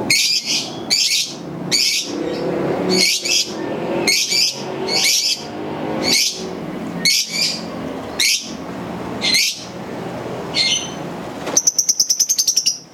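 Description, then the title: Lovebird giving harsh, scratchy high notes roughly once a second, ending in a quick run of thin ticking notes. Masteran bird sounds used for training birds. "MASTERAN BURUNG"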